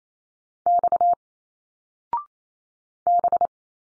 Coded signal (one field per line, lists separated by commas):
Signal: Morse code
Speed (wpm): 28 wpm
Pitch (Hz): 700 Hz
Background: none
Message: X B